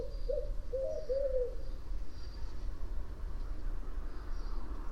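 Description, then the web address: Bird calling with a few short, low hooting notes in the first second and a half, then only a steady low rumble. "Deverinetal 2025 File origin Bird Only"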